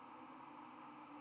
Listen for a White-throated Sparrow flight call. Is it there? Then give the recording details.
no. No flight call is heard. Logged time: 22:55 on 4 November 2014